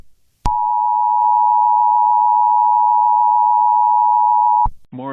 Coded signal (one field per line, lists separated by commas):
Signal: Emergency Alert System (SAME) tones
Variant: 853 and 960 Hz attention tone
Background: speech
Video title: Every Tornado Scenario: An EAS Meme